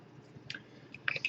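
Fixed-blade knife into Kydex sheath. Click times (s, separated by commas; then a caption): 1.1 s. A Bark River Bravo 1 fixed-blade knife in CPM-3V steel is pushed into a snug Kydex sheath, with brief scraping ticks at 0.5 s and 0.9 s. A sharp snap at 1.1 s, when the knife clicks into the sheath's retention, is followed by smaller clicks at 1.2 s and 1.3 s. The knife is seated securely in the sheath.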